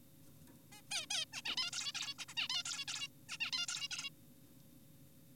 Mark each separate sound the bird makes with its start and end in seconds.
0.72-0.82, 0.91-1.06, 1.10-1.25, 1.33-1.42, 1.45-1.56, 1.57-1.70, 1.73-1.92, 1.95-2.14, 2.19-2.25, 2.28-2.34, 2.37-2.48, 2.50-2.63, 2.66-2.85, 2.88-3.08, 3.29-3.38, 3.40-3.51, 3.53-3.66, 3.68-3.88, 3.91-4.10